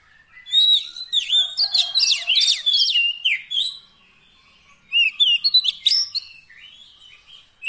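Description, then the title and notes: Oriental magpie-robin giving a fast jumble of whistles, chirps and trills, pausing briefly, then a shorter burst of sweeping notes. Fill-in (isian) song of a kacer, used to make the bird sing persistently day and night. "Kacer Jadi Gacor Siang Malam. Isian Kacer Durasi Panjang"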